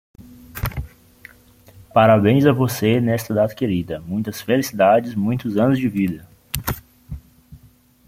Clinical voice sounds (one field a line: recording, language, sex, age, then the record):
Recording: short text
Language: Brazilian Portuguese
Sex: male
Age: 30 to 39 years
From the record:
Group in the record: control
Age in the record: 32 years